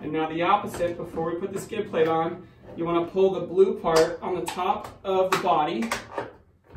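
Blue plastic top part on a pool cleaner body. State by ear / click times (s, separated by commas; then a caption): seated / 6.2 s. Someone talks while the blue plastic part on top of a Zodiac Baracuda T5 pool cleaner body is pressed into place before the skid plate goes on. A short snap at 6.2 s marks the part seating.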